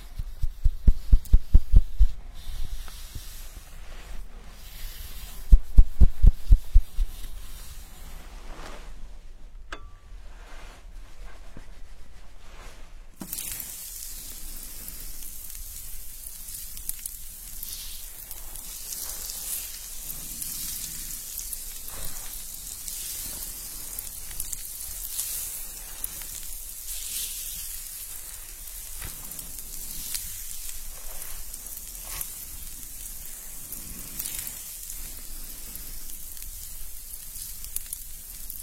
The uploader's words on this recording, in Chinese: 沉浸式洗头体验 & 头皮按摩。